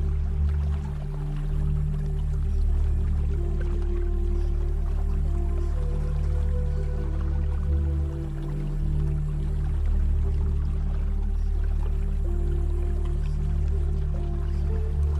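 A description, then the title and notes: A mystic ritual bath ambience built on a deep, steady drone, with sustained low tones and a few held higher notes that shift slightly every few seconds. Faint drips and trickling liquid sit lightly underneath, and the level stays even throughout. Mystic ritual bath ambience | ancient bath for spiritual cleansing. You can hear the sound of running water.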